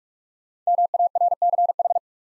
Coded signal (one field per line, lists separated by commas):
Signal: Morse code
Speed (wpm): 44 wpm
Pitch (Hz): 700 Hz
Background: none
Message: MARCH